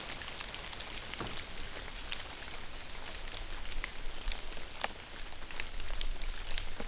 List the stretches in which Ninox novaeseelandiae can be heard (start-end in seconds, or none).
none